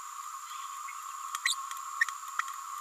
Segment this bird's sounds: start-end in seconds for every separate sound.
1.44-1.55, 2.00-2.05